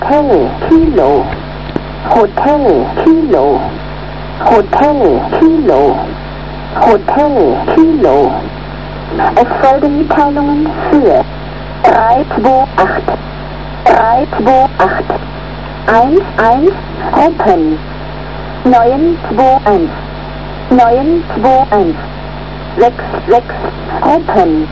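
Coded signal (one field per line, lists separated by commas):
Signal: numbers station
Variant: G16/E16, English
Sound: voice reading call sign Kilo Hotel, then digits in groups, over radio hum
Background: radio hum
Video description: The following are samples of G16/E16 numbers stations thought to be operated by West German intelligence service (BND)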